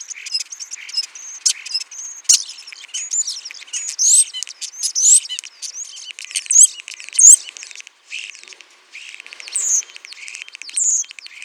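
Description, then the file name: Common starling song, a busy medley of high chatter, rattles and upward-flicking whistles, pausing briefly before a few softer warbled phrases. "Spreeuw"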